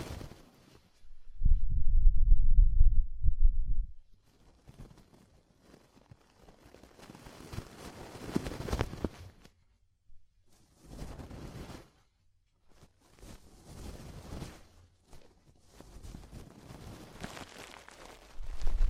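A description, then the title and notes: Ear cleaning ASMR sounds: a loud, low, rumbling burst from about 1.5 to 4 seconds, then softer scratchy rubbing and crackling swells that come and go. Quiet gaps separate the bursts, and a heavy, muffled thud returns right at the end. ASMR DEEP Ear Penetrating Cleaning (No Talking).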